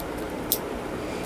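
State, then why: Seated. A replaceable steel blade is pushed back into the polymer handle of an Outdoor Edge Razorstorm folding knife without pressing the release button. A single sharp, bright click sounds at 0.5 s over a low steady background, with a fainter tick near 1.2 s. The blade seats and locks in the handle.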